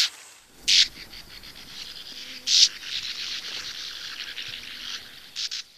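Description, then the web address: Bank swallow calls: a few loud, harsh buzzy notes spaced about two to three seconds apart over a steady, softer background of raspy twittering. "Songs of Birds of North America Stokes. Bank Swallow"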